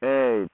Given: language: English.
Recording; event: throat vibration sensor signal played as sound; speech